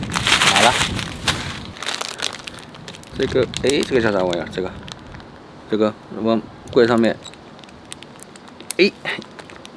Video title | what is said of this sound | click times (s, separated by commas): 干不动累了，工具也开始买国产便宜货了，太花钱了 | 就扣上了这是柜体上面用的柜体上面用的 | 8.7 s